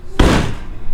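The trunk lid of an M3 car, wrapped in Christmas lights, is shut with one sharp slam at 0.2 s, bringing a loud broadband thud that rings out for about a second. The lid latches onto the car body, and nothing breaks and none of the light wires snap.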